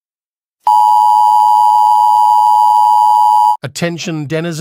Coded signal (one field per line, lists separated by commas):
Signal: Emergency Alert System (SAME) tones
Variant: 853 and 960 Hz attention tone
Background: speech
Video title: EAS Mock Scenario: Togera Retreats